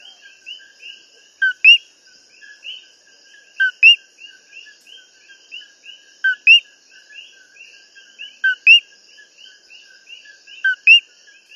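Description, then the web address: Coqui frog giving repeated two-part calls, a short lower tone followed by an upswept whistle, roughly every two seconds, with many faint chirping frogs or insects behind. Recorded 15 December 2022 with a MixPre recorder. "e-coqui-guayabito-15-dec-2022-oac-mixpre. young coqui frogs juggle growth and disease"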